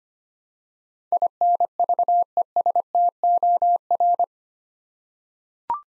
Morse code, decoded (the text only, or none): INVESTOR